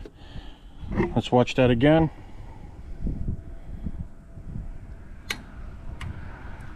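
Someone talks briefly, then a click-type torque wrench tightens the oil drain plug on the engine oil pan of a JL/JT EcoDiesel. The wrench gives a sharp click at 5.3 s, confirming the 18-pound setting has been reached.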